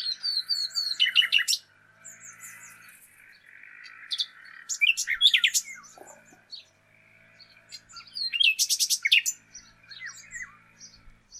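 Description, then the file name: Common nightingale singing varied bursts of sharp chirps and trills separated by pauses, over a steady faint background hiss. "Luscinia megarhynchos"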